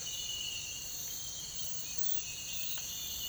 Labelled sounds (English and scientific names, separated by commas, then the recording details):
none
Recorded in pastures near Puerto Asís, Putumayo, Colombia, on 21 December 2024 at 05:30
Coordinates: 0.472, -76.329
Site G072